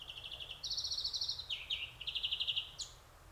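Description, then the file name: European greenfinch giving rapid buzzy trills, several pulsed phrases at slightly different pitches run together, ending with a short higher note. "Chloris chloris"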